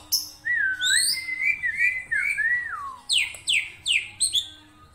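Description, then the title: Black-winged myna song: a flowing whistled phrase that wanders up and down, then a quick row of several high downward-sweeping whistles. Dense, varied song of a prolific singer, used for training other songbirds (masteran). "Kicauan Rapat Jalak Putih Gacor Banyak Variasi Untuk Masteran"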